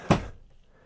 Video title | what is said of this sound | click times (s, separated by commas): Le Camping-Car Idéal Pour Ceux Qui Veulent Une Bonne Affaire ! | ça rentre comme ça et ça se verrouille tout seul. | 0.1 s